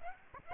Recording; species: mosquito wingbeat signal from an infrared sensor; Aedes aegypti